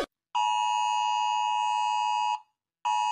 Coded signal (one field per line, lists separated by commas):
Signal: Emergency Alert System (SAME) tones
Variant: 853 and 960 Hz attention tone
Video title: Rating eas alarm(Waring turn down your voulume)